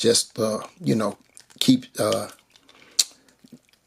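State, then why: Seated. Someone talks while wiggling a plastic weapon-system piece into its mount on the accessory of a G.I. Joe Classified Series Heavy Duty action figure (#150, with Man Portable Weapons System). After the talking, small handling noises lead to a sharp, loud snap at 3.0 s as the piece seats in place.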